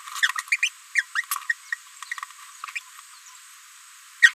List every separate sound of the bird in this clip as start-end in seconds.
0.51-0.57, 0.62-0.69, 0.94-1.06, 1.15-1.24, 1.72-1.75, 2.11-2.15, 2.75-2.80, 4.22-4.32